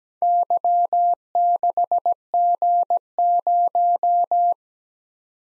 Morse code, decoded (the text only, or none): Y6G0